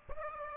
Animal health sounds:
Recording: mosquito wingbeat signal from an infrared sensor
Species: Aedes aegypti

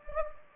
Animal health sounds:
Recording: mosquito wingbeat signal from an infrared sensor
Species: Anopheles gambiae

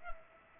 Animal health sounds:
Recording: mosquito wingbeat signal from an infrared sensor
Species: Culex pipiens

